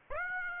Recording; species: mosquito wingbeat signal from an infrared sensor; Aedes aegypti